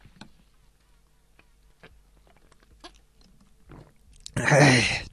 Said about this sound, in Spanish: Mira, voy a echar un trago de agua porque tengo la garganta que no puedo más.